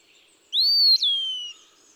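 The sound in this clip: Eastern wood-pewee song: a pure slurred whistle rising, breaking briefly, then sliding slowly downward; faint notes of other birds behind it.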